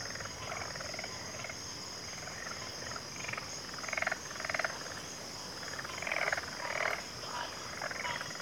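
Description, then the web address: Crickets trilling continuously in a dense high chorus while frogs croak repeatedly and several louder rattling bursts break in. Cricket chorus in a backwater. "WLL Grade 1-12 Pre-Uni Library Enter Natures Songs Sleep Sounds of Nature CRICKETS Backwater Chorus"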